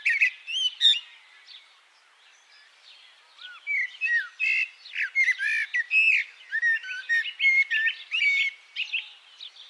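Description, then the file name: Common blackbird calls: a busy run of varied high chirps and short whistled notes, some rising, some falling, in bursts after a quieter pause. "Turdus merula"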